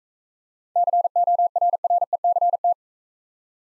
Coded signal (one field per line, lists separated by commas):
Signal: Morse code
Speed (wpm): 42 wpm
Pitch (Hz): 700 Hz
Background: none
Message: CORRECT